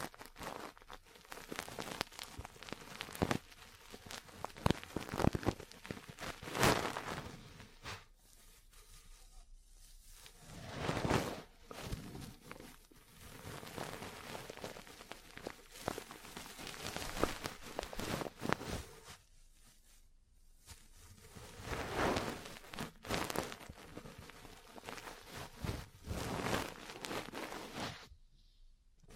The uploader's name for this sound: Ear Cleaning, Massage, Cupping, Tapping